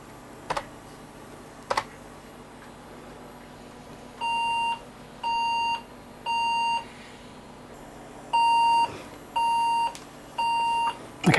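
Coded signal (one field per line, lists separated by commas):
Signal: beep code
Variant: PC BIOS POST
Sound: two clicks, then three long steady beeps, a pause, three more long beeps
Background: clicks, low hum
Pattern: 3 long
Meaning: Three long beeps indicate a memory error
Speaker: okay well that's somewhat disappointing we have three long beeps I'm guessing that's a memory error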